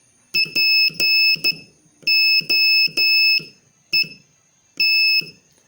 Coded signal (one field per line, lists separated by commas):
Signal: Morse code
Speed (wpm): 12 wpm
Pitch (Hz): 2600 Hz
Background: none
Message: POET